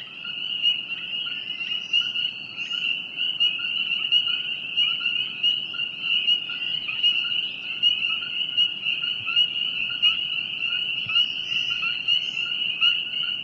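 Dense chorus of frogs, a level shrill drone running throughout, with soft scattered chirps.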